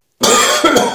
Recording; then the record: coughing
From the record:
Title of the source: Mid-morning Winter Coughing Fit